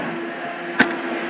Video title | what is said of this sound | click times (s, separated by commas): Disassembling A Computer And Its Hardware | push down the lever until it clicks in. | 0.8 s